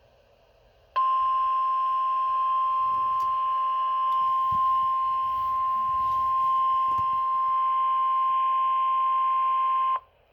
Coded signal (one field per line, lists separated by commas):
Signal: Emergency Alert System (SAME) tones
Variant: 1050 Hz attention tone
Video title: Severe Thunderstorm Warning (EAS #47)